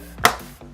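The plastic tabs of a Plastidip blacked-out chrome L trim panel on a Subaru Crosstrek are pushed one-handed into the fog light housing. A single sharp plastic click sounds at 0.3 s as the tabs snap into place, and the panel is seated.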